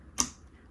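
A laptop memory module is pulled from its slot in an HP laptop and firmly pushed back into the memory slot, reseated to fix a blinking Caps Lock and black screen. A single sharp, bright click sounds at 0.2 s and fades quickly into quiet. The RAM stick is seated.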